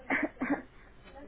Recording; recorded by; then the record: voluntary cough; telephone call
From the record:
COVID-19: negative